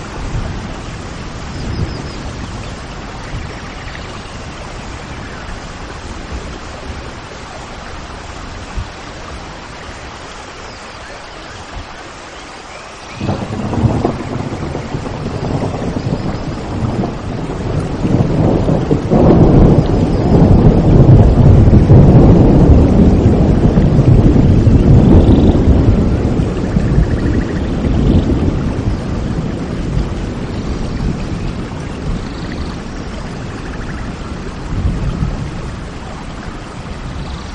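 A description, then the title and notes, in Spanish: Steady rain hisses throughout, jumping louder around thirteen seconds, with a deep rolling rumble swelling mid-clip before easing back down. Parque Nacional de Ordesa y Monte Perdido - Lluvia. Grabación de sonidos de lluvia.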